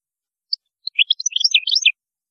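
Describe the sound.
European goldfinch song, a rapid liquid jumble of bright twittering notes and chirps lasting about a second.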